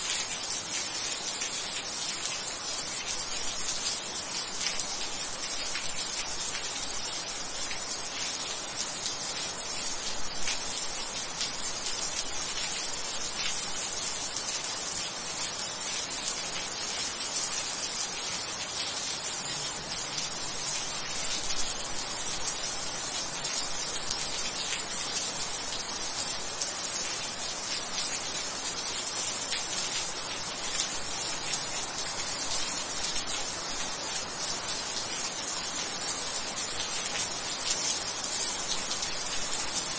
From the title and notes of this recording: Raindrops on green bricks White noise of nature scenes.